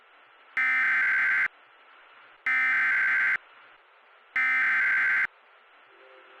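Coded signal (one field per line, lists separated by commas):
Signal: Emergency Alert System (SAME) tones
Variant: header bursts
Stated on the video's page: Valid EAS tones for a severe thunderstorm warning for Orange County, NY.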